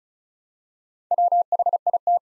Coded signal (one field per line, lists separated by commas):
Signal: Morse code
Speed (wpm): 36 wpm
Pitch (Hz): 700 Hz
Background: none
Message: WHIT